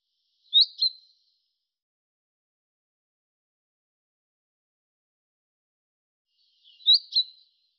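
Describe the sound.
Bird call: two high double-note chirps, each a quick pair, about six seconds apart with silence between.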